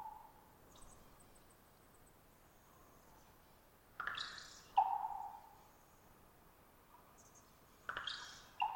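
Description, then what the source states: Common raven giving two twittery-pop calls: a buzzy trilling twitter then a resonant pop, about four seconds apart, with faint high ticking sounds earlier. Raven perched about 50 ft above the recordist, some distance away; long trilling twitter before each pop, sometimes a gulp or beak snap after.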